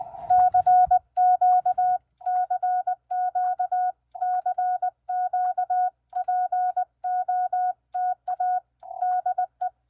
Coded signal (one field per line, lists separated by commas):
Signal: Morse code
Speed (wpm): 19 wpm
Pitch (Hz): 730 Hz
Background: none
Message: CQ CQ CQ POTA DE